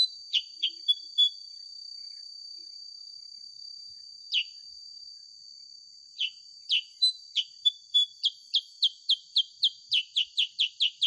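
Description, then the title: Sooty-headed bulbul calling with sharp, bright chips, scattered at first, then a rapid evenly spaced series of many notes, over a steady high tone. Original sound of a sooty-headed bulbul (kutilang sutra), used as a master recording for training songbirds and suited as a lure to prompt birds to sing. "Masteran Kutilang Sutra. SUARA ASLI KUTILANG SUTRA COCOK UNTUK PANCINGAN"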